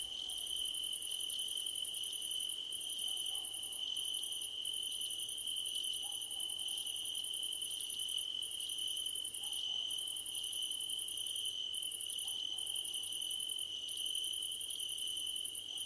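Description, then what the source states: Crickets chirping in a continuous chorus, a steady mid-high trill overlaid by a higher, shrill pulsing band that breaks off briefly now and then. Nighttime ambience of crickets under a starlit sky.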